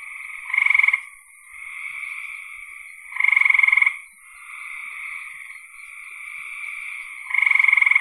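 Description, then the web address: Frog calls: three loud pulsed rattling bursts a few seconds apart, over continuous softer trilling. "cn frogs"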